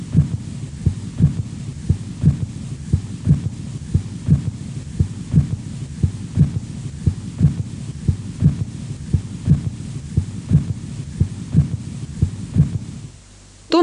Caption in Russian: Третий тон сердца возникает ближе к середине диастолы, в фазу быстрого наполнения, когда основная масса крови поступает из предсердий в желудочке. Аускультативно он выявляется на верхушке сердца и характеризуется низкочастотным тембром и малой громкостью, благодаря чему третий тон иногда называют эхом второго тона. У больного с сердечной недостаточностью.